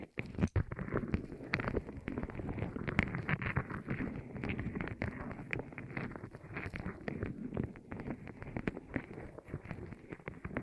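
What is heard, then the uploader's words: ASMR rolling sounds on the ears: a dense, continuous rumble of soft rolling and rubbing, mostly low and muffled, with frequent quick clicks and taps scattered throughout. A sharper knock comes near the start, and the texture stays steady without pauses to the end. ASMR Rolling On Your Ears (No Talking).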